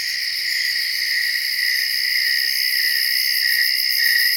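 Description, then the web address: Cicada chorus, a continuous shrill buzz at several pitches with a fast shimmering pulse, steady in loudness. "Tom's Jerry Apps Winter. cicadas"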